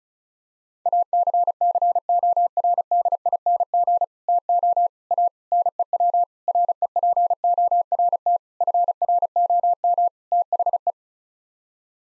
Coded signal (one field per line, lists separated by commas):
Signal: Morse code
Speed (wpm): 36 wpm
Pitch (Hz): 700 Hz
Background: none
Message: ACCORDING TO A NEW REPORT FROM THE